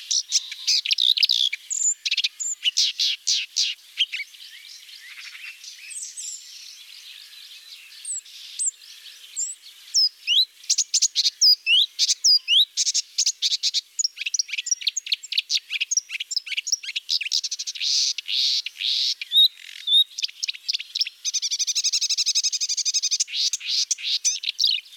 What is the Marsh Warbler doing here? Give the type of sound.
song